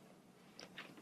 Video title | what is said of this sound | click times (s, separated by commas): Module 6 Part 1: Adult Respiratory | so that I know that it has clicked back into place and isn't at risk of falling out. | 0.6 s